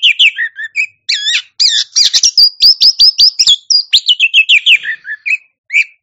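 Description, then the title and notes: Oriental magpie-robin song, a fast continuous run of varied whistles, descending slurs and rapid ticking notes, with a repeated high chattering sequence in the middle. Champion singing bird. "Kicau Burung Kacer Juara. Suara Kicauan Burung Kacer Juara"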